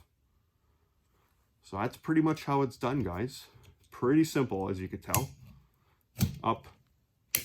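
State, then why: Seated. Someone talks while recapping a wiper blade change on a 2013 Honda Civic 9th generation, pushing the plastic latch on the wiper blade closed on the wiper arm. A sharp tick is heard at 7.4 s as the latch clicks closed and the blade is seated.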